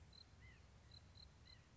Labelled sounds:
White-breasted Nuthatch

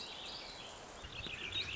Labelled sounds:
Warbling Vireo

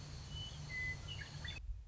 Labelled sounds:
Western Meadowlark

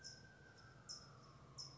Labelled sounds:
California Towhee

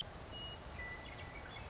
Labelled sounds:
Western Meadowlark

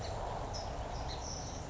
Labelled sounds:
California Towhee

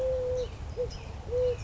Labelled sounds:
Eurasian Collared Dove

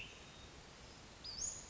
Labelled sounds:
Western Flycatcher

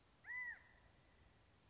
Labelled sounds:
California Quail

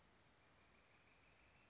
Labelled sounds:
Northern Flicker

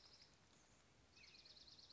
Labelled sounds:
Dark-eyed Junco

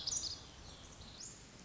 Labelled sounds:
Pacific Wren

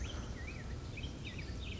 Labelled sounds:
Black-headed Grosbeak

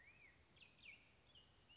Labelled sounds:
Black-headed Grosbeak

